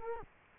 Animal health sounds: mosquito wingbeat signal from an infrared sensor; Culex quinquefasciatus

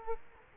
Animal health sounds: mosquito wingbeat signal from an infrared sensor; Culex quinquefasciatus

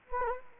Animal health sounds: mosquito wingbeat signal from an infrared sensor; Anopheles gambiae

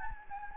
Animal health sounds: mosquito wingbeat signal from an infrared sensor; Anopheles gambiae

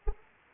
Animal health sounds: mosquito wingbeat signal from an infrared sensor; Anopheles arabiensis

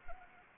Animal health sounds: mosquito wingbeat signal from an infrared sensor; Anopheles gambiae

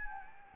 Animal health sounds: mosquito wingbeat signal from an infrared sensor; Anopheles gambiae

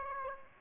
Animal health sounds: mosquito wingbeat signal from an infrared sensor; Aedes aegypti

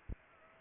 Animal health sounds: mosquito wingbeat signal from an infrared sensor; Culex pipiens

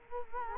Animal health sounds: mosquito wingbeat signal from an infrared sensor; Culex quinquefasciatus

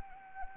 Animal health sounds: mosquito wingbeat signal from an infrared sensor; Anopheles arabiensis

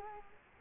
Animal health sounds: mosquito wingbeat signal from an infrared sensor; Culex quinquefasciatus

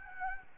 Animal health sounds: mosquito wingbeat signal from an infrared sensor; Anopheles gambiae

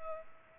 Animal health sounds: mosquito wingbeat signal from an infrared sensor; Culex pipiens

